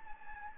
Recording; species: mosquito wingbeat signal from an infrared sensor; Anopheles gambiae